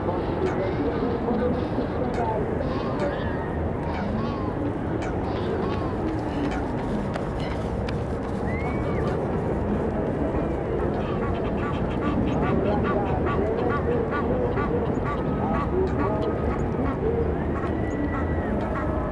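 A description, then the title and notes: A busy funfair across a lake: a steady, dense hubbub of distant crowd voices, with occasional shouts and brief bright squeals throughout. City park funfair. Captured early in the early evening in a city centre park. Across the lake, there is a large funfair which is being well attended.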